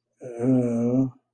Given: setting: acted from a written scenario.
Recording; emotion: vocal sound without words; embarrassment